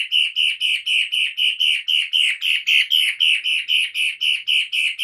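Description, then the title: Long-tailed shrike giving a fast run of harsh, nasal scolding notes, about four each second, steady and even throughout. "Lanius Schach"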